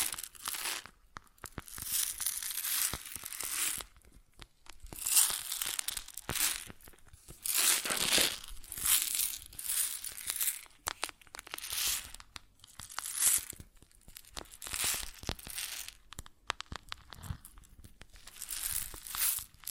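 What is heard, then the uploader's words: Grain shifts and pours in repeated bursts, a dense, bright crackling rustle made of countless tiny grains. The flurries swell and fade every second or two, with brief near-silent gaps between them and sharp clicks scattered throughout. ASMR Grain Sounds (No Talking).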